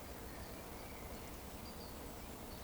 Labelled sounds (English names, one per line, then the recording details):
Eurasian Woodcock whistle
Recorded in Baden-Württemberg, Germany, on 12 June 2020 at 19:19 UTC
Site 14569, 102 m above sea level